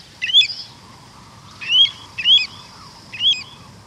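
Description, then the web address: Pacific Golden-Plover flight calls: four short, sharp whistled notes, each slightly slurred, given at uneven intervals over a steady high hum and faint low background noise. Flying south on migration. "Birdnote. Flying South with Pacific Golden Plover"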